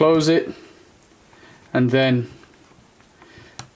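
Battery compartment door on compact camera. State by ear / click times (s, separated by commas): seated / 3.6 s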